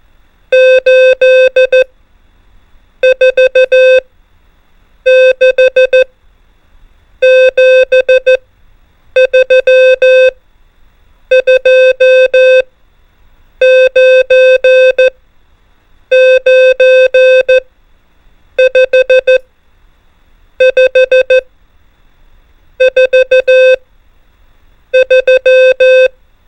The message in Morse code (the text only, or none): 8 4 6 7 3 2 9 9 5 5 4 3